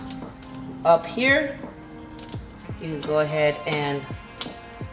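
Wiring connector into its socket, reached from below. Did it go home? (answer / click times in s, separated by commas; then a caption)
yes / 4.4 s. During a radiator upgrade on a WRX VB, a wiring connector is reached from underneath the car and pushed into its socket while someone talks over background music. A single sharp click at 4.4 s shows the connector seating firmly in place.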